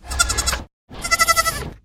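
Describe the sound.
Goat giving two quavering bleats in quick succession, the second slightly longer and more strongly pulsed, with a brief pause between.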